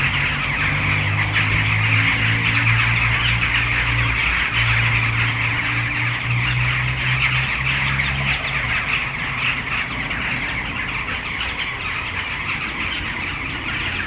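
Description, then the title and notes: Western jackdaws in a busy chorus of overlapping short, harsh calls, with a low droning hum through the first part. A tree full of jackdaws in Brno city centre, Czech Republic, recorded at sunset. "Malinovského nám. 571/1, 602 00 Brno-střed-Brno-město, Česko - Western jackdaws at sunset. A tree full of jackdaws in the city center of Brno"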